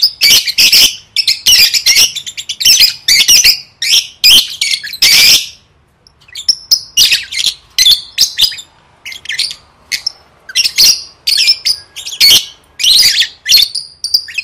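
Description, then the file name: Lovebird chatter: a rapid, dense string of shrill chirps for about five seconds, a short pause, then sharp squeaky calls more spaced out. "tieng vet mau don"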